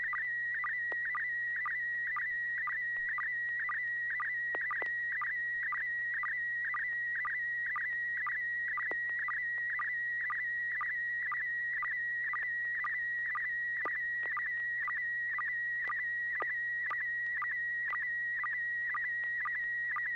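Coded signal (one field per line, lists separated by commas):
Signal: SSTV (slow-scan television)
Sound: steady high warbling tone with regular short chirping dips about twice a second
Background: low hum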